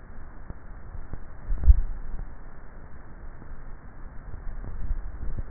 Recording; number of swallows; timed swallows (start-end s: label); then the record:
swallowing sounds by neck microphone; 2
1.45-2.25 s: swallow
4.73-5.50 s: swallow
From the record:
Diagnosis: dysphagia